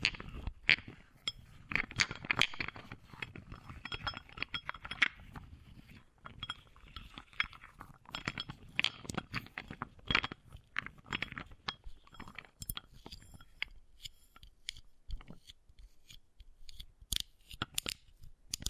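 Wooden balls knock and rattle against each other in a dense stream of sharp, clicky taps, with crisp bright edges and some rolling, crunchy texture. Activity is busiest in the first half, then thins after about 12 seconds into sparser, separate clacks.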